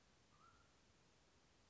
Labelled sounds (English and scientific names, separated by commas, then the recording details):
Mountain Quail (Oreortyx pictus)
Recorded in Sonoma County, California